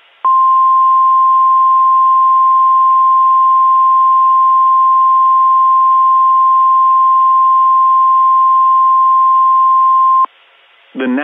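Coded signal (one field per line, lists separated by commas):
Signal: Emergency Alert System (SAME) tones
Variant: 1050 Hz attention tone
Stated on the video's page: Reenactment mock EAS Special Marine Warning with valid tones made with EAS Encoder 2.4, relay based on a weather radio station.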